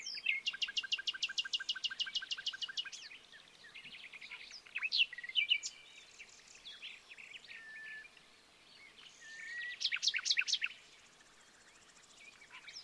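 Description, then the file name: Common nightingale song: a fast series of repeated sharp notes for about three seconds, then varied whistled and chattering phrases with pauses. "Luscinia megarhynchos"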